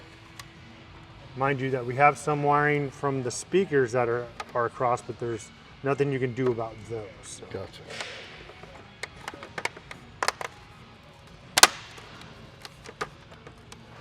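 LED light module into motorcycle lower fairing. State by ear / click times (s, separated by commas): seated / 11.6 s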